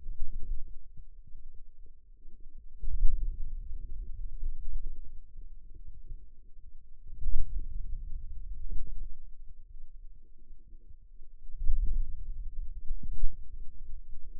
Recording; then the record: forearm muscle sounds (acoustic myography)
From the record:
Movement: radial deviation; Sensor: system 2, bracelet of six BSWA MPA416 microphones around the upper forearm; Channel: 1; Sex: female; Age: 21 years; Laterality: right